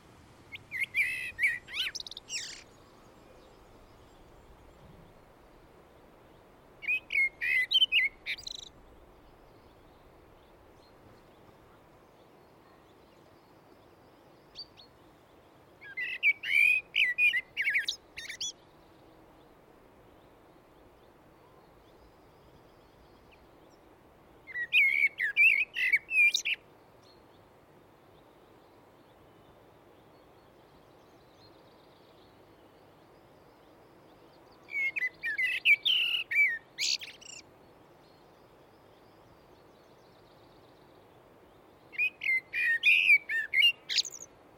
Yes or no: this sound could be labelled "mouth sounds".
no